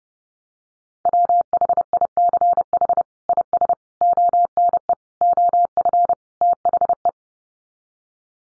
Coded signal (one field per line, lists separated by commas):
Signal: Morse code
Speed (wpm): 30 wpm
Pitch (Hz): 700 Hz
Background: none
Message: WHICH IS ONE OF THE